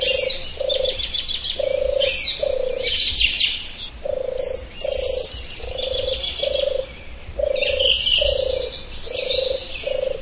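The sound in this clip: Birds chirping and twittering in a busy high chorus, with short lower notes repeating at an even pace beneath them.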